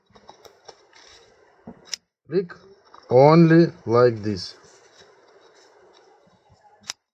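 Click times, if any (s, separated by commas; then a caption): 6.9 s. A motor position sensor is pressed by hand into the housing of a Toyota MMT gear shift actuator (Auris/Yaris) and seats with a sharp click at 6.9 s. Before that, someone talks, with faint small clicks and a sharp tick near 1.9 s.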